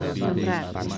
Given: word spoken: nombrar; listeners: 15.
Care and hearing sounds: one Spanish word in noise, from a listening test; eight-talker babble; -1.4 dB; 2 of 15; 6 of 15; 0.58 s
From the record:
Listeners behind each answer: 6, 2, 1, 1, 1, 1, 1, 1, 1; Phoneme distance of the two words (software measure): 20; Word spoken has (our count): 2 syllables, 7 phonemes, stress on syllable 2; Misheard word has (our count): 2 syllables, 7 phonemes, stress on syllable 2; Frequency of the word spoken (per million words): 10.99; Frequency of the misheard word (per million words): 6.95

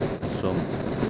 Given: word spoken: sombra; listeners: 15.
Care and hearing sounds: one Spanish word in noise, from a listening test; noise modulated by three-talker babble; -3.0 dB; 2 of 15; 7 of 15; 0.70 s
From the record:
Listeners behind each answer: 7, 3, 2, 1, 1, 1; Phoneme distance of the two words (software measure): 31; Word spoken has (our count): 2 syllables, 6 phonemes, stress on syllable 1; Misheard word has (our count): 1 syllable, 3 phonemes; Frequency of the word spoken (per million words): 57.63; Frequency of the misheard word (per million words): 1523.45

